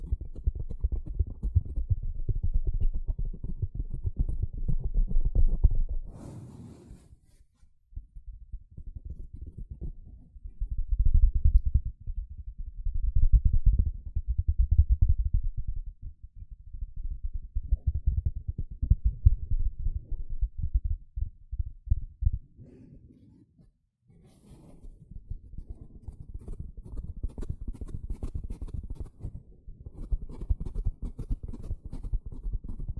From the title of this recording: Sponge Sounds - Scratching, Squishing, Brushing, Cutting